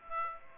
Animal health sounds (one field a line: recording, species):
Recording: mosquito wingbeat signal from an infrared sensor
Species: Aedes aegypti